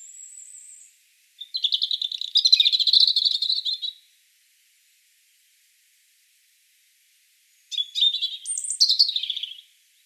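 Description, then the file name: European robin song: a thin high whistle, then two sweet, varied phrases of rapid twittering and trilled notes, separated by a pause of several seconds. "Erithacus rubecula"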